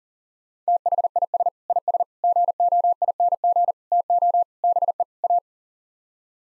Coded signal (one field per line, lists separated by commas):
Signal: Morse code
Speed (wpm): 40 wpm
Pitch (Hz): 700 Hz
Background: none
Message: THIS IS GOING TO BE A